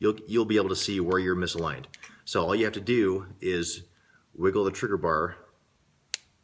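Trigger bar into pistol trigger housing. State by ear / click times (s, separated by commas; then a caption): seated / 6.1 s. Someone talks while wiggling the trigger bar of an SSVi Tyr trigger being installed in a Glock 43 pistol's trigger housing to correct its misalignment. After a quiet pause, a single sharp snap at 6.1 s marks the trigger bar seating into place.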